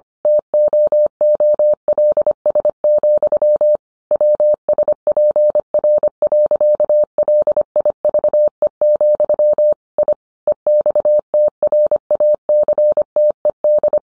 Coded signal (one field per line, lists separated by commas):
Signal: Morse code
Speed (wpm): 25 wpm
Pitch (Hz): 600 Hz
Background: none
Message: TOOLS, WSPR.LIVE, I EXTRACTED